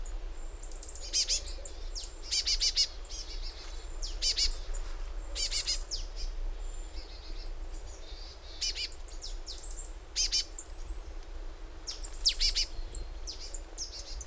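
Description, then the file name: Marsh tit calls throughout: quick high downslurred notes and short buzzy chatters, repeated irregularly. "Poecile palustris"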